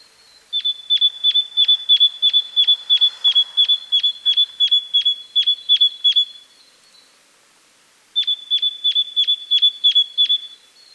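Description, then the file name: Great tit giving ringing chink calls in two bouts, a long fast even series, a pause of about two seconds, then another quick burst. "Parus major"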